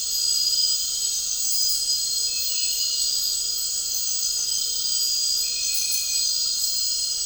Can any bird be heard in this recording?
no